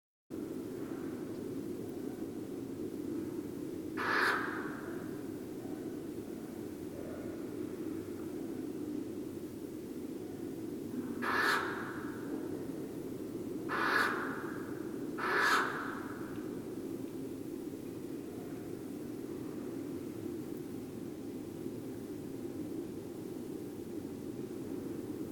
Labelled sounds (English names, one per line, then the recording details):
Western Barn Owl call
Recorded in the wild
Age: adult
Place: Burg Stargard, Mecklenburg-Vorpommern, DE
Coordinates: 53.441, 13.347
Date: 1981-08-31
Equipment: Nagra III BH, Sennheiser MD 21, parabola
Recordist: Schubert, Michael
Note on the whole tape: Rufe einer adulten Schleiereule ("pch-Ruf")